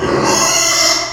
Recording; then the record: squeal of a Yucatan mini pig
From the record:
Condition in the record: before surgery on the right vocal fold (resection and tissue-engineered implant); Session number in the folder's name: 2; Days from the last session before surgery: 0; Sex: male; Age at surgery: 12 weeks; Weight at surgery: 13 kg